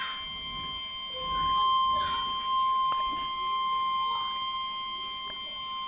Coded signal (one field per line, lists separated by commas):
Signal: Emergency Alert System (SAME) tones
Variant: 1050 Hz attention tone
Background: speech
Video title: NOAA Weather Radio: Tornado Warning (EAS # 87)